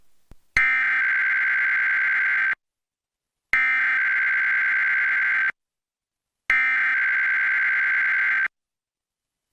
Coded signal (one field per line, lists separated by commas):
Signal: Emergency Alert System (SAME) tones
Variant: header bursts